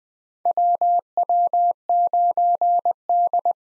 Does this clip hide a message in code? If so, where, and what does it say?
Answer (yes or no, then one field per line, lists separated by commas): yes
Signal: Morse code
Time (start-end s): 0.5-3.5 s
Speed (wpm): 20 wpm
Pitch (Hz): 700 Hz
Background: none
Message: WW9D